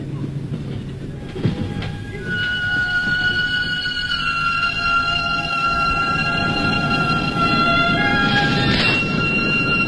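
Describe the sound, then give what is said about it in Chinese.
A moving train in winter rumbles steadily, its low roar swelling after the first couple of seconds, while thin, sustained high-pitched squealing tones ring over the clatter. “接着是冬天，两个刑警压着耕作坐上火车。”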